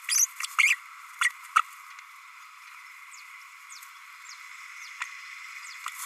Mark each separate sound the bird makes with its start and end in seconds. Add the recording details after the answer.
0.09-0.27, 0.42-0.47, 0.58-0.76, 1.21-1.29, 1.55-1.62. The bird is a female. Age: 32 days. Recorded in a nest box in Venezuela. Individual 17B32A5